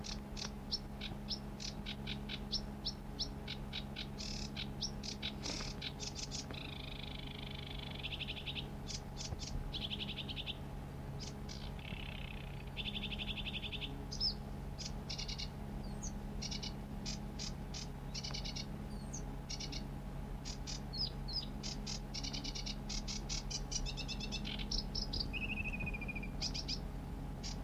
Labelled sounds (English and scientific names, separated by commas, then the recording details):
Sedge Warbler (Acrocephalus schoenobaenus) song
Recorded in the wild
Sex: male
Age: adult
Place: Krakow am See, Mecklenburg-Vorpommern, DE
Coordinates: 53.6508, 12.2675
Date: 1963-06-26 23:00
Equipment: Reporter R 26
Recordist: Neubauer, Axel